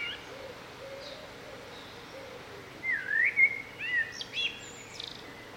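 Bird song: soft low warbles early, then a loud run of slurred whistled notes and chirps in the last half, with higher twitters.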